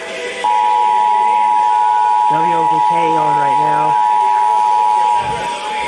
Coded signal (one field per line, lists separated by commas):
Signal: Emergency Alert System (SAME) tones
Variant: 853 and 960 Hz attention tone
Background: speech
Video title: EAS #77-80: 2023 National Periodic Test on KDKA AM, WOVK FM, WRQY FM & Comcast